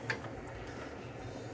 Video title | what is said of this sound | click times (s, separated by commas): GE Washer Repair - Will Not Completely Spin Out - Pressure Switch | switch and then lock it going clockwise until you hear it click and lock | 0.1 s